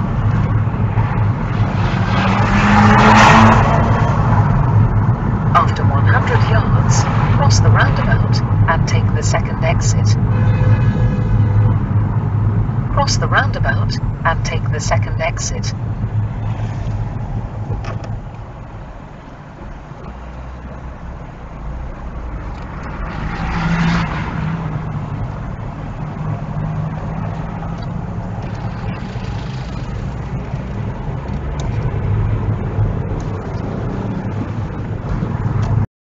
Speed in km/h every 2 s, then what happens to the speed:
27, 34, 34, 34, 31, 27, 19, 16, 8, 0, 3, 10, 15, 18, 21, 26, 31, 31.
0-2 speeds up to 34. 2-7 steady at about 34. 7-17 slows to 0. 17-19 standing. 19-31 pulls away to 31.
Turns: none.